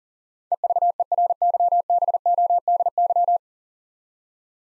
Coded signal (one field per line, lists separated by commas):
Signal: Morse code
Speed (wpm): 39 wpm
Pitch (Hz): 700 Hz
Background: none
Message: EVERYBODY